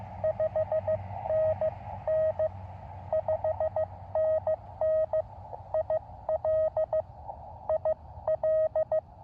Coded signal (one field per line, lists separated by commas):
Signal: Morse code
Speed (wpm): 15 wpm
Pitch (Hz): 1900 Hz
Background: radio noise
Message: 5NN 5NN IL IL